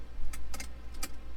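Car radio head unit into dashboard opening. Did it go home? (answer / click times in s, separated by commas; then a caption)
yes / 1.0 s. A car radio head unit is pushed back into its dashboard opening after camera wiring was done, going in easily. Several short clicks and rattles are heard at about 0.3, 0.6 and 0.6 seconds. The radio locks into the dash with a louder click at 1.0 seconds.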